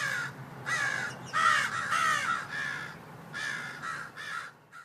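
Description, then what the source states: Crows giving harsh caws in repeated bursts, several birds calling, over a low steady rumble. Many crows mobbing a hawk hiding in a pine tree after it snatched a baby crow; motorcycle passing faintly in the distance.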